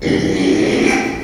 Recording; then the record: squeal of a Yucatan mini pig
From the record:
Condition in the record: after surgery on the right vocal fold (resection and tissue-engineered implant); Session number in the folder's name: 2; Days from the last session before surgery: 13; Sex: male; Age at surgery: 12 weeks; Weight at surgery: 13 kg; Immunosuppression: cyclosporine, prednisolone